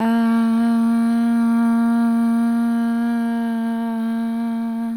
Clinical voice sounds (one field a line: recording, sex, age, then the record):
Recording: sustained vowel /a/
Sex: female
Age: 20 to 29 years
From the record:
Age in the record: 25 years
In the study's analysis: included